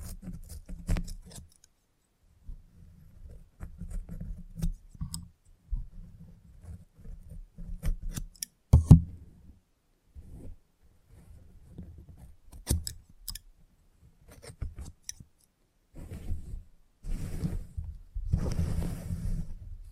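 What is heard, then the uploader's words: Salon haircut sounds with bursts of low rustling and brushing, sharp scissor snips around 1, 9 and 13 seconds, and soft hissing near the end. Salon Haircut Head Massage, Scissors and Clipper.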